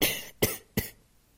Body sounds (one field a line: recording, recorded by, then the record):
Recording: voluntary cough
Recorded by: messaging app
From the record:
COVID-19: negative